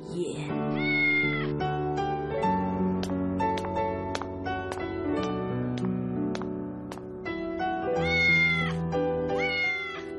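A cat meows in drawn-out, wavering calls at the start and again near the end, heard over a steady tonal musical backdrop with soft plucked accents.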